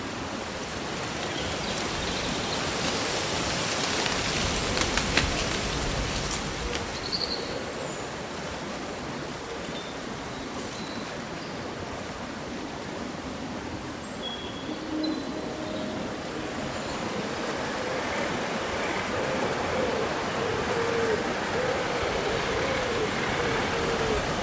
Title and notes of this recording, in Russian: Прохладный летний день: Шелест листвы и пение птиц. Симфония шелеста листьев и мелодии местных птиц